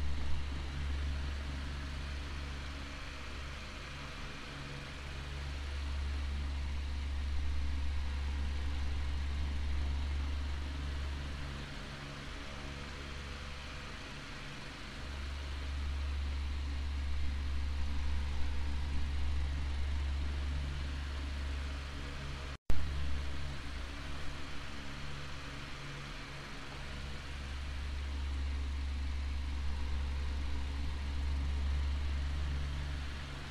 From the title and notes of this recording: Oscillating Fan Noise.